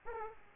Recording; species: mosquito wingbeat signal from an infrared sensor; Aedes aegypti